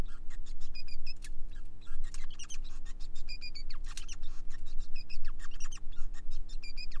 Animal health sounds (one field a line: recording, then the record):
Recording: song of a male Bengalese finch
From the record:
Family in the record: son of father 5